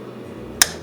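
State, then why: Seated. A bobbin case is pushed into the rotary hook of an SWF KX embroidery machine while the thread is held. Over a low steady hum, a single sharp click sounds at 0.6 s as the case locks into place. The bobbin case is seated.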